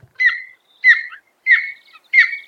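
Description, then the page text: Golden Eagle: four sharp yelping notes, evenly spaced about two-thirds of a second apart. "BirdNote en Español. El águila real (Aquila chrysaetos)"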